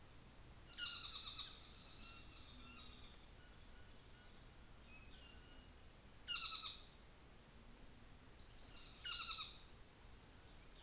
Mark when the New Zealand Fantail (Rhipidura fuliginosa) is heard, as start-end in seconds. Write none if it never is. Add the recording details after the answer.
0.11-2.76. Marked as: faintness 3/5, faintness 2/5, faintness 1/5. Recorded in New Zealand on 24 December 2018. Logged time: 15:45